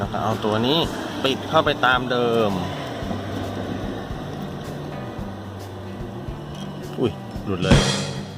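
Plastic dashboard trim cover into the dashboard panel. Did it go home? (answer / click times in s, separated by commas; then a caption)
no / none. A plastic dashboard trim cover is being pressed back into the dashboard panel of a Nissan Almera (N17) after work on the Idle Stop switch, having just come loose. Someone talks over music, with handling noises and a louder burst of sound near 7.7 s. Nothing has seated or clicked yet.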